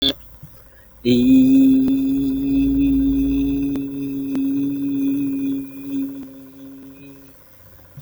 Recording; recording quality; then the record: sustained vowel as in beet; excellent, no background noise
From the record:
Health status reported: healthy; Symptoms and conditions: cough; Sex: male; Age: 28 years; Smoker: no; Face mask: not worn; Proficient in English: yes